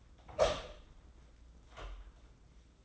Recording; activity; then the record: daily activity, microphone in the room; open door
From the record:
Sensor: 3